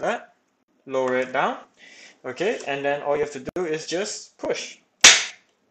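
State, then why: Seated. A resin tank is lowered into its slots on a 3D printer and pushed home while someone talks. A sharp snap is heard at 5.1 seconds, and the snap signals that the tank is seated.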